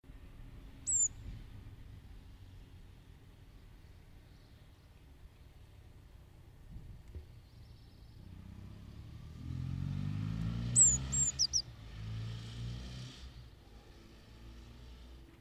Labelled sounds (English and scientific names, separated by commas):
Eurasian Blue Tit (Cyanistes caeruleus)